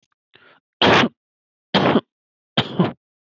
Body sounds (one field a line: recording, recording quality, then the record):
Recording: shallow voluntary cough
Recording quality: excellent, no background noise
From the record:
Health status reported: healthy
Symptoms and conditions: none ticked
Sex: male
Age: 19 years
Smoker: not ticked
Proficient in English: yes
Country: India